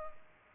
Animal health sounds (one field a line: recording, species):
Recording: mosquito wingbeat signal from an infrared sensor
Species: Culex pipiens